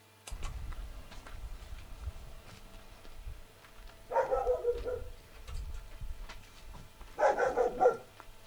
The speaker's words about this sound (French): Un chien. Ce serait donc un chien.